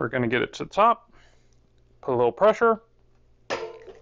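Someone talks while a mechanic rotates a joined bicycle chain, from a SRAM AXS Force drivetrain with shifting issues, so its metal quick link (master link) sits at the top. He begins applying pressure to lock the two halves together, with quiet pauses between his words. The clip ends before the link goes home, so nothing has seated or clicked yet.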